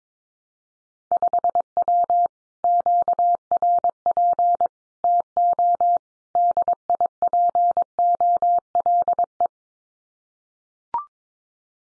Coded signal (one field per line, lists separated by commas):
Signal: Morse code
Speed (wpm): 22 wpm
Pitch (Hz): 700 Hz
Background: none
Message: 5W QRP TO DIPOLE